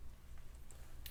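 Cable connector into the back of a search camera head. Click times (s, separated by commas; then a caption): 1.1 s. A camera cable connector is pushed into the back of a search camera head and rotated until it clicks into place at 1.1 s, a sharp bright snap over a steady low hum. A fainter tick comes at 0.7 s just before it, and the connector ends seated.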